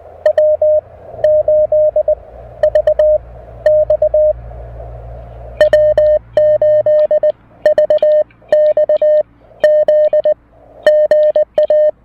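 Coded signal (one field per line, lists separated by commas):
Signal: Morse code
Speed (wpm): 19 wpm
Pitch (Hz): 590 Hz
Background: none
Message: W8VX W8VXZ GA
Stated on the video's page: Parks on the Air activation using a Mountain Topper MTR-4B V2 QRP rig, operating on 40 meters among other bands; radio audio is loud.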